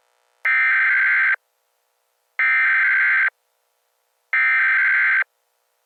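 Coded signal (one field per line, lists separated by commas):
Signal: Emergency Alert System (SAME) tones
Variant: header bursts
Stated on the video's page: Fictional EAS scenario about a cat rampage through Bismarck and Vancouver, not a real alert.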